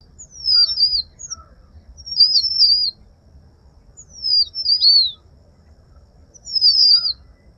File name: Red avadavat song recorded in November 2008 at Sangli, Maharashtra